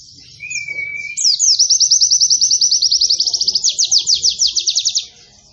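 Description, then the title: White-eye song: a thin whistle, then an extended rapid trill of high, sharp notes. Pleci singing actively (gacor), in the nembak panjang style of long rapid trills, with canary-like (kenarian) phrases. "Pleci Gacor. Pleci Nembak Panjang Istimewa Full Kenarian SobekSobek"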